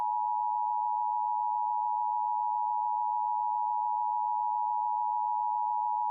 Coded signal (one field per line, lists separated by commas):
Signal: Emergency Alert System (SAME) tones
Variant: 853 and 960 Hz attention tone